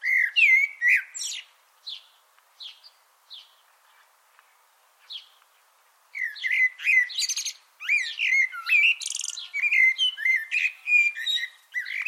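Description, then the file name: Eurasian blackbird song: fluty warbling phrases with squeaky high endings, then scattered thin high notes through a quieter middle stretch before rich phrases resume. "Turdus merula"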